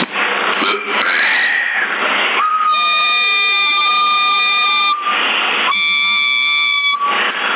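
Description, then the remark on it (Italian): A CB radio hiss in Sassari, Italy, breaks into a steady, harmonic whistle tone that bends upward, drops back to static, then returns for a second stretch of whistling, with no voices. “Quello fischio di più sale, oh, fra.”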